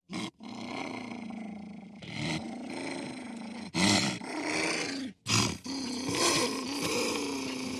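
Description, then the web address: Wolf howling in low, drawn-out wavering tones that hold for several seconds, interrupted by short, loud bursts of harsh noise. "wolves"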